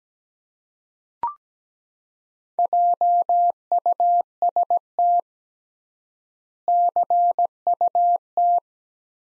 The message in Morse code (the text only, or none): JUST CUT